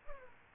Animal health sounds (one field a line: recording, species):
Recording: mosquito wingbeat signal from an infrared sensor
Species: Aedes aegypti